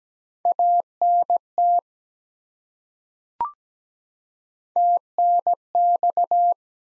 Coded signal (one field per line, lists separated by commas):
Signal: Morse code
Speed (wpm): 17 wpm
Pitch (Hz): 700 Hz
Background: none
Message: ANT TNX